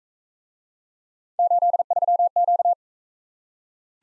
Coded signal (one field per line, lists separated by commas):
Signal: Morse code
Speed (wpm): 41 wpm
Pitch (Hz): 700 Hz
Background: none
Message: 83Q